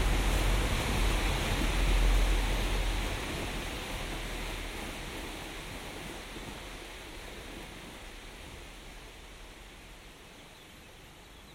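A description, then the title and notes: The river Ohře rushes in a steady, dense hiss of flowing water that fills everything from low to fairly bright tones. A deep rumble sits underneath for the first three seconds or so, then drops away, and the whole sound slowly grows quieter toward the end. Binaural production. Generative soundscape based on a two-dimensional random walk between four binaural soundscapes recorded on the North Bohemian river Ohře/Eger between 16 and 18 May 2023.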